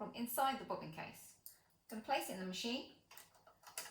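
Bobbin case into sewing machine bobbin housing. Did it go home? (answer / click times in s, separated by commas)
yes / 3.8 s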